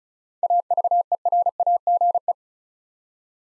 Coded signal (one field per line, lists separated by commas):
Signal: Morse code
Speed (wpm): 36 wpm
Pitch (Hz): 700 Hz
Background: none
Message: AVERAGE